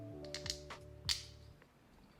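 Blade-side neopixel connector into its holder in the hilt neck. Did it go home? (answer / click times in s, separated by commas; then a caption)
yes / 0.5 s, 1.1 s. A wired plastic blade-side neopixel connector is pressed into its holder in the neck of a lightsaber hilt, with steady background music playing. Small plastic clicks sound, and sharp snaps at 0.5 s and 1.1 s mark the connector seating, after which it holds itself in place.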